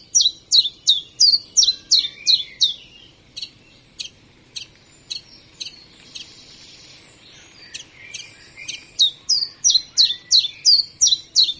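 Common chiffchaff repeating sharp high chiff and chaff notes, strong at both ends with a softer, broken stretch and a brief buzzy rustle in between.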